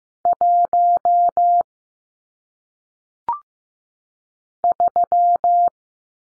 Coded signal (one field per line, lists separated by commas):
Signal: Morse code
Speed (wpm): 15 wpm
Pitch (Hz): 700 Hz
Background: none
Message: 1 3